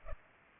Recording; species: mosquito wingbeat signal from an infrared sensor; Culex pipiens